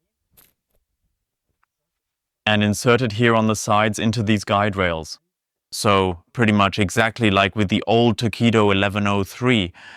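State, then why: Not seated. A battery pack for a new Torqeedo Travel (XP) electric outboard motor is picked up and lined up on the sides with the motor mount's guide rails, with one faint small knock at 1.6 s. From about 2.4 s someone talks. The battery has not locked or clicked into place yet.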